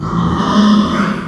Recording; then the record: squeal of a Yucatan mini pig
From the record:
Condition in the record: after surgery on the right vocal fold (resection and tissue-engineered implant); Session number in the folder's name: 15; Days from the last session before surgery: 175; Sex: female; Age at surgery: 19 weeks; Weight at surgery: 25 kg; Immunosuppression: prednisolone